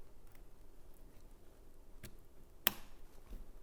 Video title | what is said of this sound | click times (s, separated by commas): Perfect LARGER EyeCup For Sony A7Siii Sony A1 & Sony A7IV | Snaps right into place. | 2.7 s